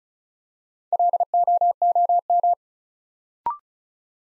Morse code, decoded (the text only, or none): LOOM